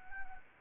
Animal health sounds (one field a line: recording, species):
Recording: mosquito wingbeat signal from an infrared sensor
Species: Anopheles arabiensis